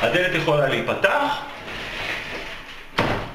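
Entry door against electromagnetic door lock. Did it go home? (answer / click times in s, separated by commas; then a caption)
yes / 3.0 s. Someone talks as an entry door fitted with a keypad-operated electromagnetic lock is pushed shut. A single sharp slam sounds at 3.0 s, and the door closes with the electromagnetic lock holding.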